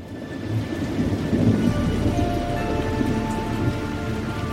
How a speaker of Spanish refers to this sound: Hoy sabemos que este fenómeno, conocido como fuego de San Telmo o San Anselmo, se produce por la acumulación de electricidad estática durante las apocalípticas tormentas del mar.